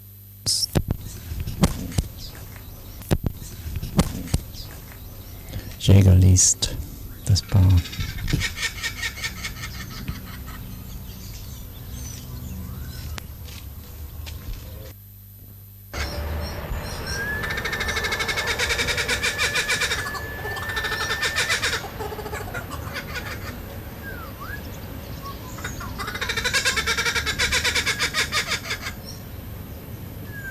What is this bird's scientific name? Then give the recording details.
Dacelo novaeguineae. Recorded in captivity. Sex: pair. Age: adult. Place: Zoo Berlin, Berlin, DE. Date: 2005-08-17 12:28. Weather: heiter, 18°C. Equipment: Panasonic RQ-2102, Sennheiser ME 80, Kopie Uher 4000 Report Monitor. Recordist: Tembrock, Günter